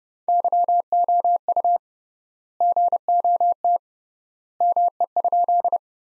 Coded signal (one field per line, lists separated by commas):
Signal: Morse code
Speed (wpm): 32 wpm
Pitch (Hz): 700 Hz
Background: none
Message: YOU GOT ME?